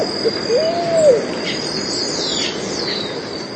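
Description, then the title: Pigeon giving a short note, then a single smooth arched coo that swells and fades, followed by faint high chirps against a constant hiss. "Canto Da Pomba"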